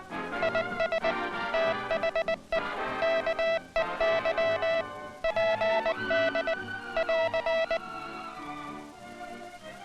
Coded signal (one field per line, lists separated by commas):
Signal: Morse code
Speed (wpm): 20 wpm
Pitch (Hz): 660 Hz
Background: music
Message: IS THE KEY PD <AR>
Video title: International Morse Code, Hand Sending